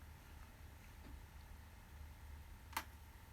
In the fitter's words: i said it all clicks into place and it's very sturdy it won't come undone until you pull up the latch and close it again